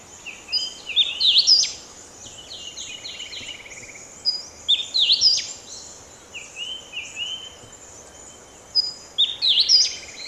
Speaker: where two endangered eastern bristlebirds call out their duet.